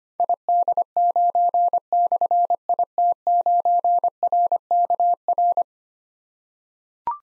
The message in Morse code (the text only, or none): ID9/IT9RKR